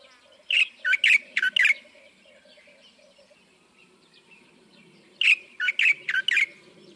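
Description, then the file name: Light-vented bulbul calling: two quick bursts of four or five sharp, chirpy notes, about five seconds apart, over a faint low hum. "白頭翁"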